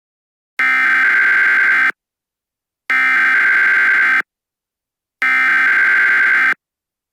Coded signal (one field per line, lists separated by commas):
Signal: Emergency Alert System (SAME) tones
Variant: header bursts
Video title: Eas scenario #2 : Country-humans…